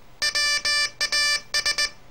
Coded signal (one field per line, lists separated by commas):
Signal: Morse code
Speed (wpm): 19 wpm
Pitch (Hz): 1750 Hz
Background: none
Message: WAS